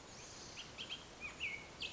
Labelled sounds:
Bullock's Oriole
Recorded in Sonoma County, California

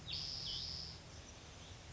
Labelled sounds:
Spotted Towhee
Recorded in Sonoma County, California

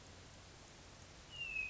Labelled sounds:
Hermit Thrush
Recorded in Sonoma County, California

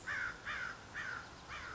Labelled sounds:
American Crow
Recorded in Sonoma County, California

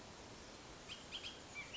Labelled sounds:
Bullock's Oriole
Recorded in Sonoma County, California

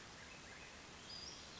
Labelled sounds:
Western Flycatcher
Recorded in Sonoma County, California

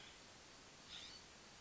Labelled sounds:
California Scrub-Jay
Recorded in Sonoma County, California

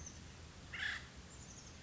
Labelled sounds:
Acorn Woodpecker
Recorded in Sonoma County, California

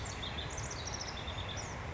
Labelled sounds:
House Wren
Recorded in Sonoma County, California

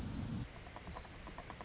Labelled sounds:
Orange-crowned Warbler
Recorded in Sonoma County, California

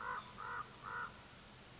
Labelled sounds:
American Crow
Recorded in Sonoma County, California

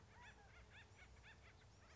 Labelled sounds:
Acorn Woodpecker
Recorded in Sonoma County, California

